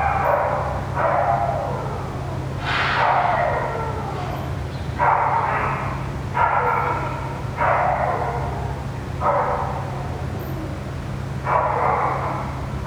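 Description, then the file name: Dog crying in about eight repeated whining bursts, some sliding downward, over an unbroken low mechanical hum. Dog crying near a ventilation system. "francisco meirino - a dog crying near a ventilation system"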